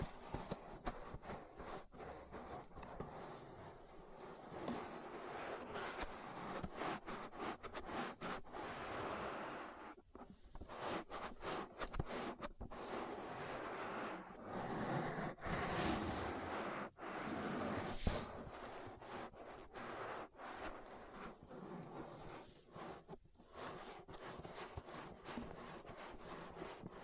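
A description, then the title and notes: Ear massage sounds: dense, continuous rubbing and brushing against a microphone, thick through the low and middle range with a rough, fuzzy texture. Short gaps and quick breaks interrupt the strokes irregularly, especially around 10, 17 and 23 seconds, with faint bright crackles on top. ASMR Relaxing Ear Massage.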